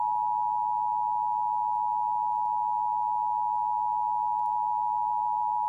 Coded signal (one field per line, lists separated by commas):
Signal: Emergency Alert System (SAME) tones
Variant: 853 and 960 Hz attention tone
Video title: Comcast Emergency Alert System - Delaware Required Monthly Test (August 13, 2025)